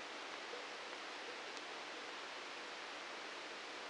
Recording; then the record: brain microelectrode recording played as sound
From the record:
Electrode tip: outside the subthalamic nucleus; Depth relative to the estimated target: -3 mm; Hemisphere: right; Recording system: NeuroSet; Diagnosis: Parkinson's disease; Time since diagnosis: 9 years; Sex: male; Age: 61 years